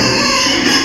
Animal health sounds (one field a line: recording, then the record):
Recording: squeal of a Yucatan mini pig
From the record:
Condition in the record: before surgery on the right vocal fold (resection and tissue-engineered implant)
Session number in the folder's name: 2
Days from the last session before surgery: 0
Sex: male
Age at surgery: 12 weeks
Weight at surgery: 13 kg